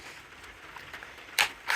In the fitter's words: you heard the dull thud that it made versus when it's fully seated